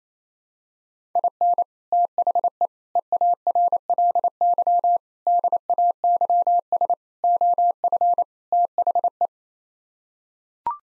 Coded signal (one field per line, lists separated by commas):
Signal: Morse code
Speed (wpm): 28 wpm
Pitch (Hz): 700 Hz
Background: none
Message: IN THE EARLY DAYS OF THE